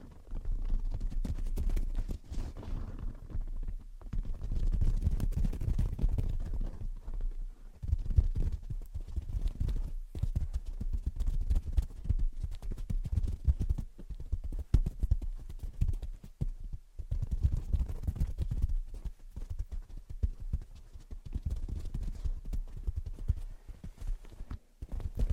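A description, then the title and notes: Gentle tapping and scratching goes on almost without pause, a dense run of quick, soft knocks with a muffled, low-leaning sound and occasional brighter clicks. The rhythm is uneven, clip-clop-like, with brief breaks near 4, 10 and 17 seconds. Gentle Tapping and Scratching. (No Talking).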